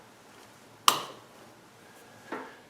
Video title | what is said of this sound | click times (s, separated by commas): How to Change Spark Plugs | put two fingers on the end of the boot and push down till you hear it snap | 0.9 s